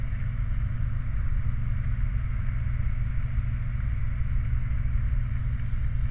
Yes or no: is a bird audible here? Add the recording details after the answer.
no. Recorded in the Prudhoe Bay oil fields, Alaska, on 29 July 2019 at 00:02. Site 29